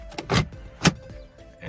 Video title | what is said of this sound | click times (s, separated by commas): ESCALADE GAUGE CLUSTER SWAP - On My NNBS SILVERADO!! | look it should click right in guys okay | 0.9 s